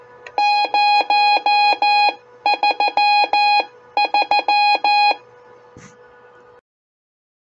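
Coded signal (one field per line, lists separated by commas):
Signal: Morse code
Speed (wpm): 14 wpm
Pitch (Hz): 830 Hz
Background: none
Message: 033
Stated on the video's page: Ten-Tec T-Kit 1320 QRP 20 m CW transceiver with added audio filter, iambic memory keyer, touch paddles, and a frequency counter announcing frequency in Morse.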